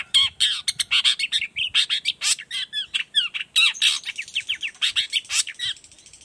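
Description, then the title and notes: Long-tailed shrike song, a dense chatter of scratchy chips and short slurred whistles delivered rapidly. Active morning singing with varied toet-toet notes, used as a lure recording to prompt other shrikes of any kind to reply quickly and open their beaks. "Cendet Gacor Dor Di Kala Pagi Toet Toet Variasi Suara. Cendet Gacor Efektif Pancingan Buat Cendet Jenis Apapun Agar Cepat Nyaut Buka Paruh. Burung cendet"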